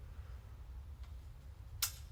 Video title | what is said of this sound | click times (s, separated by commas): How to clean your valves | okay you hear it click I'm going do that again | 1.8 s